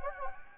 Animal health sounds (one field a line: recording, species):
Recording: mosquito wingbeat signal from an infrared sensor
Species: Anopheles gambiae